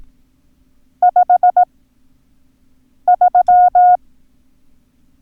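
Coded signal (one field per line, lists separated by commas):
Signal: Morse code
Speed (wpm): 18 wpm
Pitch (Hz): 720 Hz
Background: none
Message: 53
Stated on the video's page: Lesson drill of the numbers 2, 3, 4, 5, 7, 9 and 0.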